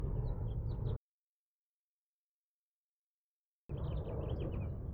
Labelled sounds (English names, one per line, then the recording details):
House Finch song
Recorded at Hewlett Harbor on Long Island, New York, on 10 June 1975
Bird B